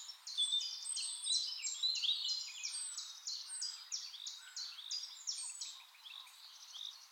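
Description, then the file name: Common chaffinch song: a rapid series of bright, downward-slurred notes repeated for several seconds. "Fringilla coelebs"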